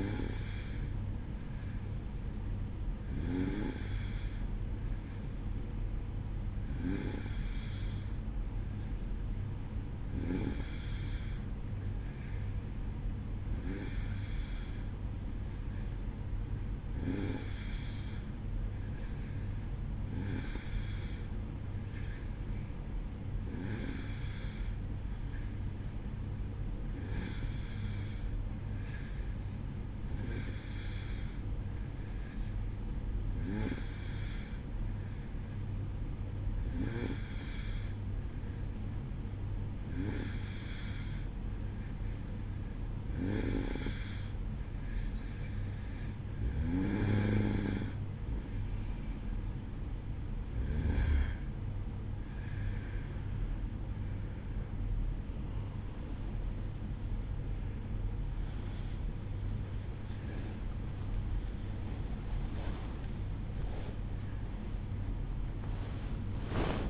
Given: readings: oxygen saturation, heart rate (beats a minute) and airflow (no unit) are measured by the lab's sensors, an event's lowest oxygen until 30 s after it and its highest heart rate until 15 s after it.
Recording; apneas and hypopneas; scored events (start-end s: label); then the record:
breathing in sleep by a smartphone at the bedside; 1
26.00-53.10 s: hypopnea (N2, oxygen 93% highest, then 92% lowest, heart rate 57 at the start, 73 highest)
38.00-66.90 s: awake
38.00-66.90 s: new sleep stage, awake
From the record:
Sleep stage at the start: N2 (light sleep); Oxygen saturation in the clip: 92 to 93%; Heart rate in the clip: 54 to 71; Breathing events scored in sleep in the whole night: 305 in 9.6 hours asleep